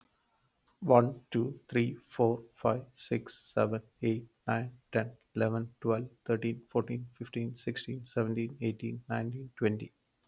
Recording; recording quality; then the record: counting at a fast pace; moderate, slight background noise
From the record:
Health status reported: healthy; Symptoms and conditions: none ticked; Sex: male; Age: 43 years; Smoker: not ticked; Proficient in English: yes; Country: India